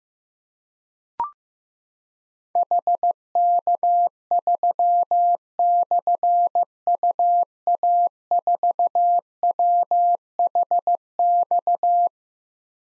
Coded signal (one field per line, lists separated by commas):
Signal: Morse code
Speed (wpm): 15 wpm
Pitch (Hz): 700 Hz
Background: none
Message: HK3/UA4WHX